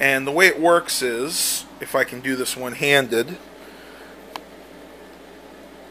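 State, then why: Seated. Someone talks as an HTC One X AT&T smartphone is pressed one-handed into its hard plastic snap-on protective case, which is about a month old. After the talking stops, a single sharp click is heard at 4.4 s over a quiet background hum. The phone snaps into place, seated in the case.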